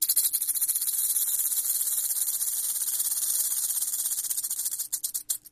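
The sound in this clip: Rattlesnake rattling: a sustained hissing buzz of rapid pulses that breaks into separate, slower clicks near the end, over a faint steady hum.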